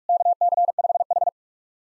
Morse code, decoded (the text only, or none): KC5H